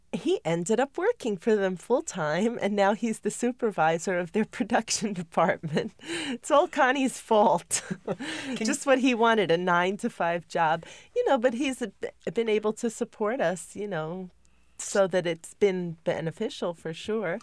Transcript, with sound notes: he ended up working for them full time, and now he's the supervisor of their production department. ( she laughs ) It's all Connie's fault. ( they laugh ) Just what he wanted, a nine-to-five job. You know, but he's been able to support us, you know, so that it's been beneficial for sure.